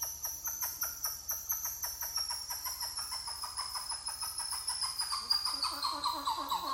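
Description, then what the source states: Titi monkey calls, loud rhythmic pulses of about three notes a second that rise into a fuller, denser phrase, with insects humming high above. More than one titi monkey calling.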